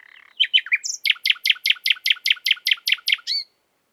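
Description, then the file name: Common nightingale song: a few varied chirps and a high whistle, then a long, steady series of loud repeated notes. "Luscinia megarhynchos"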